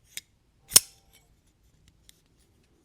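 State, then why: Seated. A custom tanto folding knife, the Simeon Custom Knives Unto, is flipped open, giving a short faint click at 0.2 s. At 0.8 s the blade snaps into lockup with a loud, sharp click. A few faint ticks follow near 1.9 s and 2.1 s, and the blade is locked.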